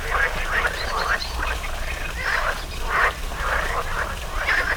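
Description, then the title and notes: Frogs croaking in clustered bursts of rough pulses, with low rumble in the background. Frogs in a small pond at the Orto Botanico botanical garden, Bologna, Italy, 5 July 2018; croaking noted on spring mornings. "05.07.18 Rane allOrto Botanico. There is also a small pond populated with frogs croaking on spring mornings. Recorded for the Zona U sound mapping project"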